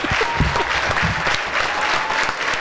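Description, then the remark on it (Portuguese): A studio audience, the whole studio standing, applauds President Lula steadily, a dense, loud wash of clapping hands that holds at an even level throughout with no voices standing out. “Por favor, o estúdio inteiro agora em pé. Se levanta para aplaudir.”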